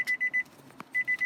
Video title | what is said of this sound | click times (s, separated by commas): How to Install APPLE CARPLAY / ANDROID AUTO in Nissan Pathfinder 2017, 2018, 2019 | you hear it click go ahead and apply apply filter to that connection as well | 0.8 s